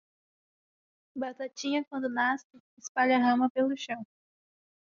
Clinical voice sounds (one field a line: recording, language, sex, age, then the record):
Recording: short text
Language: Brazilian Portuguese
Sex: female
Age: 20 to 29 years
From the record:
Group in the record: control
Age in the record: 22 years